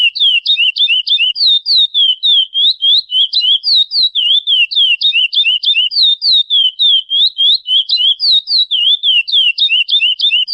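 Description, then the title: Chestnut-bellied seed finch song, a fast continuous string of clear whistled notes sliding up and down, about three notes per second, loud and unbroken throughout. Classic "Praia" song type, used for training young birds. "CURIÓ CANTO PRAIA CLÁ SSICO PARA TREINAMENTO DE FILHOTES"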